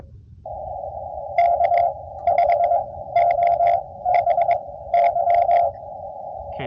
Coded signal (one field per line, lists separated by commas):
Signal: Morse code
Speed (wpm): 22 wpm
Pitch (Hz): 690 Hz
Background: radio noise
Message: K5OHY